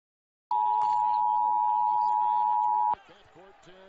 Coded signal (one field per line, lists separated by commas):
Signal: Emergency Alert System (SAME) tones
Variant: 853 and 960 Hz attention tone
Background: speech